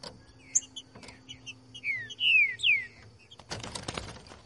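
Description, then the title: Green-winged Saltator singing a phrase of soft chirps and three slurred, descending whistles, followed by a burst of crackling, rustling noise. Song style called voz 10, recorded in the bush, used to warm up a trinca-ferro and make it sing. "Canto De Trinca Ferro Voz 10. TRINCA FERRO CANTANDO NO MATO. ESQUENTAR TRINCA FERRO"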